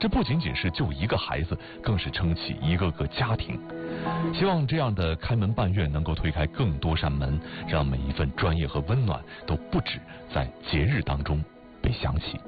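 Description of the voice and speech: A man speaks Mandarin fluently in a low, steady voice at an even broadcast pace, over a soft music bed. Voicing is clear with no hoarseness, strain or breathiness: an ordinary adult speaking voice.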